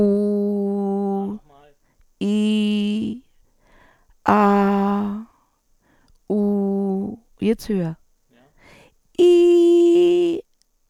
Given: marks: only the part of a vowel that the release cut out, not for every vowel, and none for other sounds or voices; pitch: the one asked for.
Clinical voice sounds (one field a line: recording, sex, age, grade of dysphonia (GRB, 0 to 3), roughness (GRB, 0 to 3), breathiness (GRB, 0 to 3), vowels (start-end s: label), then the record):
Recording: sustained vowels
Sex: female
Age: 60 to 69 years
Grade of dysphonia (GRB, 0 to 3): 0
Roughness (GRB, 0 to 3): 0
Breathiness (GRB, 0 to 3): 0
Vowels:
0.00-1.16 s: vowel /u/, normal pitch
2.26-3.00 s: vowel /i/, normal pitch
4.34-5.07 s: vowel /a/, normal pitch
9.25-10.28 s: vowel /i/, high pitch
From the record:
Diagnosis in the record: functional dysphonia, psychogenic dysphonia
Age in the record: 67 years